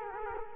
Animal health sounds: mosquito wingbeat signal from an infrared sensor; Culex quinquefasciatus

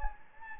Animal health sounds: mosquito wingbeat signal from an infrared sensor; Anopheles gambiae

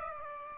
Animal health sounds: mosquito wingbeat signal from an infrared sensor; Aedes aegypti

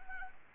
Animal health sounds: mosquito wingbeat signal from an infrared sensor; Anopheles arabiensis

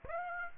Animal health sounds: mosquito wingbeat signal from an infrared sensor; Aedes aegypti

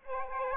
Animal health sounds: mosquito wingbeat signal from an infrared sensor; Aedes aegypti

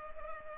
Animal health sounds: mosquito wingbeat signal from an infrared sensor; Culex pipiens

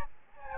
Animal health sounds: mosquito wingbeat signal from an infrared sensor; Aedes albopictus

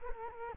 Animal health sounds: mosquito wingbeat signal from an infrared sensor; Culex quinquefasciatus

